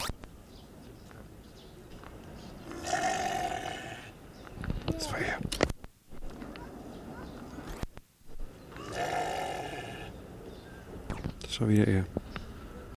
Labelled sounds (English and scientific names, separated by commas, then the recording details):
Argali (Ovis ammon) call
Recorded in captivity
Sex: pair
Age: adult
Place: Zoo Halle, Sachsen-Anhalt, DE
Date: 1969-07-05 09:00
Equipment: Uher 4200 Report Stereo, Sennheiser MD 421
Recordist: Tembrock, Günter